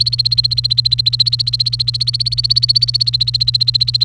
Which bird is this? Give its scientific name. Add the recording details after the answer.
Serinus canaria. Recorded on 29 April 2018 at 12:01. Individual llb3